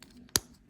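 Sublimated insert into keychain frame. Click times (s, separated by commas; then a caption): 0.4 s. On a second try, a sublimated insert is pressed with firm pressure into a keychain frame until it locks. A few faint ticks come first, then one sharp, loud snap at 0.4 seconds as the insert snaps home. The insert is confirmed seated and secure in the frame.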